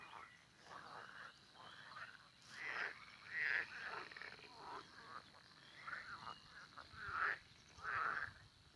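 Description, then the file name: Frog croaking: rasping bursts of about half a second, repeated roughly every second, over a faint steady hiss. "zaby"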